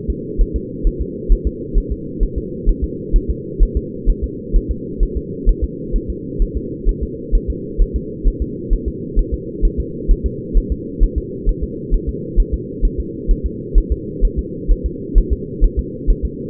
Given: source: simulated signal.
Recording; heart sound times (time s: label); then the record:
fetal heart sounds
0.10 s: S2
0.41 s: S1
0.56 s: S2
0.87 s: S1
1.01 s: S2
1.32 s: S1
1.47 s: S2
1.78 s: S1
1.92 s: S2
2.23 s: S1
2.38 s: S2
2.69 s: S1
2.84 s: S2
3.16 s: S1
3.30 s: S2
3.63 s: S1
3.77 s: S2
4.10 s: S1
4.24 s: S2
4.56 s: S1
4.71 s: S2
5.03 s: S1
5.17 s: S2
5.49 s: S1
5.64 s: S2
5.96 s: S1
6.10 s: S2
6.42 s: S1
6.57 s: S2
6.89 s: S1
7.03 s: S2
7.35 s: S1
7.50 s: S2
7.81 s: S1
7.96 s: S2
8.28 s: S1
8.42 s: S2
8.73 s: S1
8.88 s: S2
9.19 s: S1
9.34 s: S2
9.65 s: S1
9.80 s: S2
10.11 s: S1
10.26 s: S2
10.57 s: S1
10.72 s: S2
11.03 s: S1
11.18 s: S2
11.49 s: S1
11.64 s: S2
11.94 s: S1
12.09 s: S2
12.40 s: S1
12.54 s: S2
12.85 s: S1
13.00 s: S2
13.31 s: S1
13.46 s: S2
13.78 s: S1
13.92 s: S2
14.25 s: S1
14.39 s: S2
14.72 s: S1
14.86 s: S2
15.18 s: S1
15.33 s: S2
15.64 s: S1
15.79 s: S2
16.10 s: S1
16.25 s: S2
From the record:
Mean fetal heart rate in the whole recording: 130 bpm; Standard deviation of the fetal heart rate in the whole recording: 2 bpm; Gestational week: 38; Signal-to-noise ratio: -4.1 dB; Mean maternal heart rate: no maternal heart sound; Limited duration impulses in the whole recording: absent